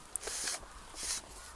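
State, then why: Not seated. The inner section of a Fiskars telescopic pruning saw pole is slid back into the outer tube of the handle. A brief sharp tick at 0.2 s is followed by two bursts of bright, hissing sliding friction, from about 0.2 to 0.6 s and from 1.0 to 1.2 s. The section has not yet latched or seated by the end.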